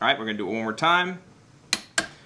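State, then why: Torque reached. Someone talks, then a torque driver set to 40 ft-lbs is used a second time to tighten an AR-15 barrel nut, already hand tight with anti-seize, on a metal upper receiver. It gives a sharp click at 1.7 s as it reaches the 40 ft-lb setting, followed by another sharp sound at 2.0 s. The driver is used again to make sure everything is tightened down.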